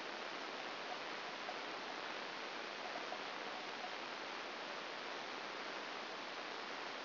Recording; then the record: brain microelectrode recording played as sound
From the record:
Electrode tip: outside the subthalamic nucleus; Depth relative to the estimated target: 4 mm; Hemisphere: left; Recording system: AlphaMap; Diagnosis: Parkinson's disease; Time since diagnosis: 9 years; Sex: male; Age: 68 years